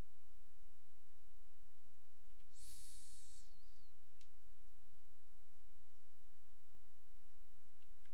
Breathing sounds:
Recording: nose breathing near a microphone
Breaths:
2.30-4.10 s: exhalation
From the record:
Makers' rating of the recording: medium

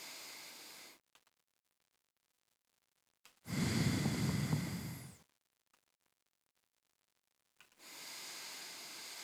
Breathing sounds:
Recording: nose breathing near a microphone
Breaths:
0.00-1.14 s: inhalation
3.24-5.59 s: exhalation
7.59-9.24 s: inhalation
From the record:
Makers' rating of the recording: medium

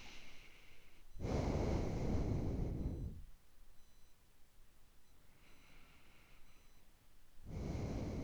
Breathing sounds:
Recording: nose breathing near a microphone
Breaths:
0.00-1.20 s: inhalation
1.20-3.17 s: exhalation
5.22-7.42 s: inhalation
7.42-8.24 s: exhalation
From the record:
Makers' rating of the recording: medium

